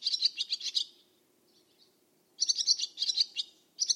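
Barn swallow chattering in quick bursts of sharp, twittering notes, a short quiet gap, then renewed rapid chirps.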